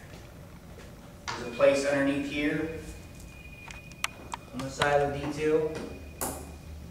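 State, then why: Seated. A Cat5 Ethernet cable's plastic RJ45 plug is pushed into the port under the side of a wall-mounted D2 training display unit while someone talks. A few small taps come around 3.7–4.3 seconds, and the plug clicks into place at 6.2 seconds, seated, before a gentle pull checks that it is plugged in.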